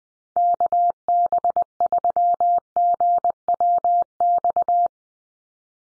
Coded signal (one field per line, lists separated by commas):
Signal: Morse code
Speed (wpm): 20 wpm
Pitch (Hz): 700 Hz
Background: none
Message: KB3GWX